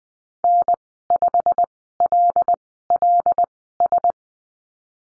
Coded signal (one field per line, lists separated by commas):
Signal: Morse code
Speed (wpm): 20 wpm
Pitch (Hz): 700 Hz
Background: none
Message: N5LLS